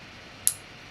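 The small fingertip tab on a plastic eyelash applicator is pressed to release it, giving a single sharp, high-pitched click at 0.5 s over faint background hiss. The applicator clicks open.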